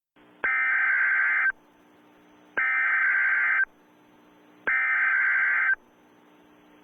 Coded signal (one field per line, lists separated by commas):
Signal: Emergency Alert System (SAME) tones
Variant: header bursts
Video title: Test EAS Scenario: Heightened Aggression Virus